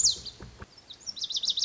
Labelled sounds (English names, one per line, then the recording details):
Lazuli Bunting
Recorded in Sonoma County, California